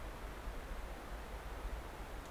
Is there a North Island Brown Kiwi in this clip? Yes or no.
no